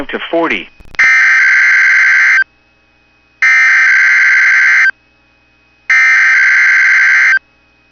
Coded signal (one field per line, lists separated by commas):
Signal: Emergency Alert System (SAME) tones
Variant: header bursts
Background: speech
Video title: [EAS] 2024 Minnesota Statewide Tornado Drill (Daytime Drill) from NOAA Weather Radio Station WXM99